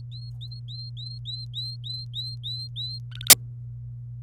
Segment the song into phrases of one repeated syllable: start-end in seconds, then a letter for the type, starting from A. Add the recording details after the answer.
0.12-2.99 A, 3.11-3.30 B. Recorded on 27 April 2018 at 05:47. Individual llb3